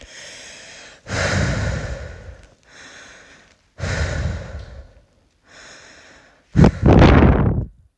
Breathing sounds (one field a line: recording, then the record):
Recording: deep breathing after running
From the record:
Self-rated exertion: moderate exertion (3 of 6)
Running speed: 5 miles an hour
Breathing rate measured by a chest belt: 24 breaths a minute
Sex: female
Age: 18 years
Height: 171 cm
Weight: 75 kg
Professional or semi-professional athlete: no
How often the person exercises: 1 to 2 times a week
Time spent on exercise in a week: under 1 hour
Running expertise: no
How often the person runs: 1 to 2 times a week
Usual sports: running, fencing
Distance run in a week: 3 km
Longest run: 21.3 km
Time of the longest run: 190 minutes